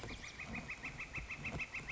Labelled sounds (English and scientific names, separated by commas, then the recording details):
Northern Flicker (Colaptes auratus)
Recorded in Sonoma County, California